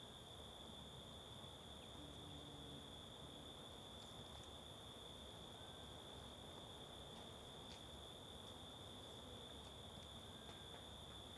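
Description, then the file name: Cricket giving one steady, unbroken high-pitched trill throughout, with a soft hiss of background noise and a few faint brief ticks. Constant cricket in forest ambience on the Simão Correa waterfall trail. "Ambiencia em Bosque na Trilha da Cachoeira Simao Correa com Moscas e Grilo Constante"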